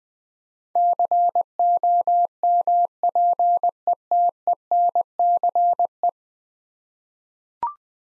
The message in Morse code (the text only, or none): COMPETENCE